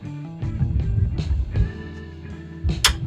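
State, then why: Seated. A supplied hexagon-shaped speed nut is pushed into the hexagon hole on the bottom of a motorcycle frame mount, where it will take the air deflector bolt. Music plays underneath with a few soft knocks, then a sharp snap at 2.8 s as the nut pops into place and seats.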